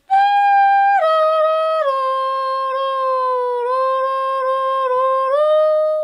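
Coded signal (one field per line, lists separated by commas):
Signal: whistled language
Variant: Kongthong jingrwai iawbei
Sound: a sung or hummed wordless tune of about four held notes, stepping downward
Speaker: नेम इज ओके ओके अँड व्हॉट्स युअर विसल नेम येस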